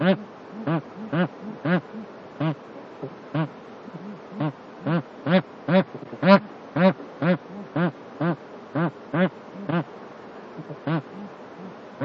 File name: anser indicus